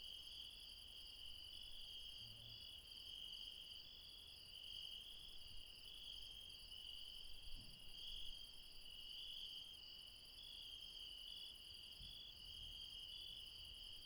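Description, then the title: Insects chirring together in an unbroken high chorus, slight rhythmic swelling, and a couple of soft low knocks. Late night, mountains, Refuge Krevatia near Dion, Greece. "Refuge Krevatia, Μπαρμπαλά, Dion 601 00, Greece - Late night mountain insects"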